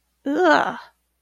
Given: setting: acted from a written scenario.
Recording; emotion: vocal sound without words; disgust